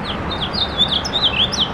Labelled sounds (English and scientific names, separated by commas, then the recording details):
House Finch (Haemorhous mexicanus) song
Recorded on Long Island, New York, on 27 June 2012
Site BE
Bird A